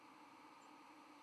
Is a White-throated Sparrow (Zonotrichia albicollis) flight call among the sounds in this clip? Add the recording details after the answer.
no. Another species' flight call is heard. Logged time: 06:34 on 31 October 2014